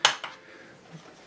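Two carriage release buttons on a metal manual typewriter are pushed in and snap into place, which frees the carriage so it can be lifted off. A sharp, bright metallic click at 0.0 s is followed by a softer second click at 0.2 s, then quiet.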